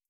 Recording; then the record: hydrophone in a shrimp aquaculture tank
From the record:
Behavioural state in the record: starved